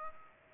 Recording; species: mosquito wingbeat signal from an infrared sensor; Aedes aegypti